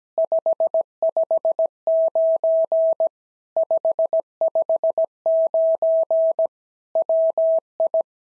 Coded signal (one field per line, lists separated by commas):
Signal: Morse code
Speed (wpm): 17 wpm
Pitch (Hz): 650 Hz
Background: none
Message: 559 559 WI